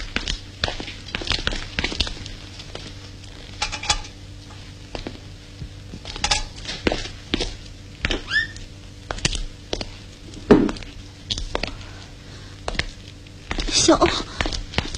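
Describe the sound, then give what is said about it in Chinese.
Footsteps of two young theatre-troupe actors heading to the back to look around walk along in an uneven rhythm, each step a sharp knock or thud, with occasional small clatters and rustles between them over a low steady hum. “里面好像有亮光，走，我们到后面看看。”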